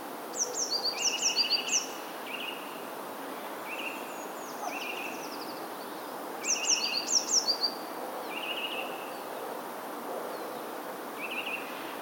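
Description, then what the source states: Passerine: songbird calls: repeated short buzzy chirps, with two bursts of rapid, very high descending twitters, over a steady hiss. Recorded 21 January 2021.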